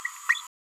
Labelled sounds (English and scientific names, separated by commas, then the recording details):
Green-rumped Parrotlet (Forpus passerinus) babbling
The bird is a male
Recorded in a nest box in Venezuela
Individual 17B31A1